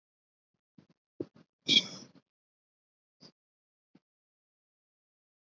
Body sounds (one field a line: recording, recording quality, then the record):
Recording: shallow breathing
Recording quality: moderate, slight background noise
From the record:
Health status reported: COVID-19 positive, mild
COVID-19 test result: positive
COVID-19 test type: RT-PCR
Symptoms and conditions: cough, sore throat, fever, fatigue, muscle pain, loss of smell and taste, asthma, hypertension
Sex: male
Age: 30 years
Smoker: yes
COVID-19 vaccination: both doses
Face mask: worn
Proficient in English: yes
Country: India